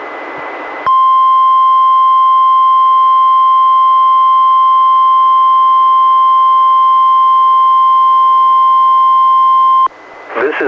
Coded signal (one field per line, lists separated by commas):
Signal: Emergency Alert System (SAME) tones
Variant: 1050 Hz attention tone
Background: speech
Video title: EAS #491: NWR Required Weekly Test- Mar. 31, 2021- 11:05AM PDT